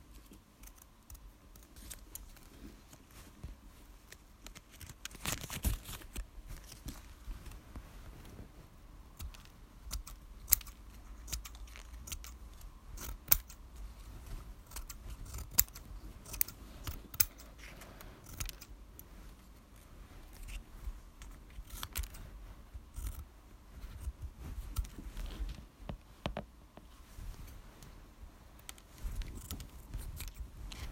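Quiet tapping and small clicks run throughout, dense and irregular, with sharp crisp ticks scattered over a soft low rumble. Louder bursts of handling noise arrive around five seconds and again near ten, fifteen and twenty-six seconds, against a faint steady hum.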